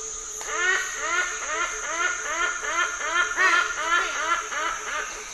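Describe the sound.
Toucan croaking in a steady rapid run of rough notes, roughly two or three each second throughout, with a constant thin high tone behind.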